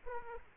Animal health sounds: mosquito wingbeat signal from an infrared sensor; Aedes aegypti

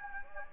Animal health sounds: mosquito wingbeat signal from an infrared sensor; Anopheles gambiae

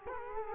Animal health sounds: mosquito wingbeat signal from an infrared sensor; Culex quinquefasciatus

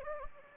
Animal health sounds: mosquito wingbeat signal from an infrared sensor; Anopheles gambiae

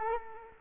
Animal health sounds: mosquito wingbeat signal from an infrared sensor; Culex quinquefasciatus

